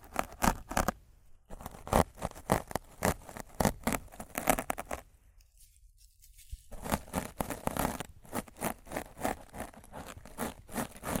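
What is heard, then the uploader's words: Rough scratching and brushing on a microphone, made of rapid, uneven strokes that fill the whole range from low thumps to bright hiss. The rasping bursts come several times a second, with brief near-silent gaps around 1.5 seconds and again from about 5 to 6.5 seconds. ASMR Rough Mic Scratching & Brushing (No Talking).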